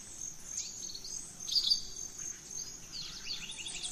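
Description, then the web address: Birds chorusing at dawn, soft high chirps and twitters layered over a constant high insect drone, with a brief brighter call near the middle. Dawn chorus of rainforest birds, Gran Sabana, Venezuela. "Birds in the Rainforest 03 Dawn Venezuela Gran Sabana"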